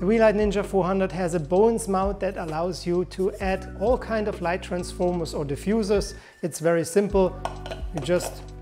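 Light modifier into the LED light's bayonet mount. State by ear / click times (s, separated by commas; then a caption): not seated / none. Someone talks while handling a light modifier at the bayonet mount of a Ninja 400 COB LED light, with faint clinks under steady music. Nothing has seated or clicked yet: the modifier has not snapped into the mount.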